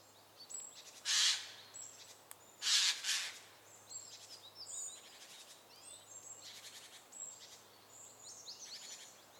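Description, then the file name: Eurasian jay uttering two loud raspy screeches early on, followed by fainter harsh notes, with high twittering of other birds throughout. "Garrulus glandarius"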